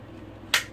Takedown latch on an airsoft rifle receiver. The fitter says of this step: hear the click and that's